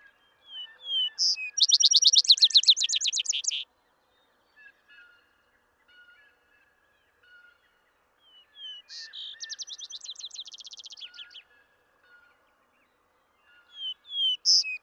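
Vesper sparrow repeating its song: slurred opening whistles and a fast, bright trill, then a softer second song after a gap, with faint lower notes throughout.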